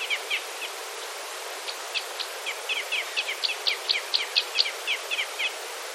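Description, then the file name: Red crossbill calls: quick, uneven runs of sharp high chips over a steady hiss. "isuka"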